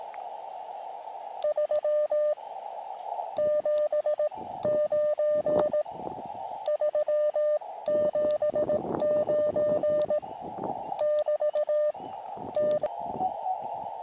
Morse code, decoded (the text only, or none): 379 379 <BT> T